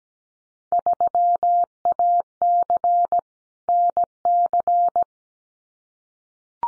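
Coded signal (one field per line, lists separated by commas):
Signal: Morse code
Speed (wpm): 17 wpm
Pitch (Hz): 700 Hz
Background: none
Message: 3AC NC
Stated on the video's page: Morse drill of randomly selected Field Day exchanges at 17 wpm for head-copy, each sent, spoken, then sent again.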